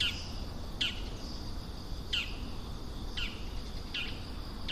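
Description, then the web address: Bull-headed shrike giving a few harsh, high, downward notes at uneven one-second gaps against a constant insect hum. Recorded 16 September 2020. "saezuri mozu 200916 kubo"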